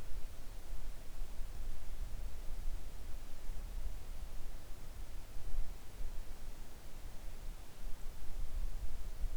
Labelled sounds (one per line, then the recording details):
wind
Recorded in the Arctic National Wildlife Refuge, Alaska, on 3 August 2019 at 10:40
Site 41